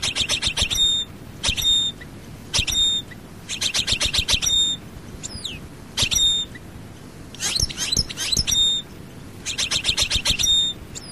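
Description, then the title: European goldfinch giving repeated short clicking, jingling bursts with ringing tones, about one every second, plus a few thin slurred notes. "Chant Chardonneret"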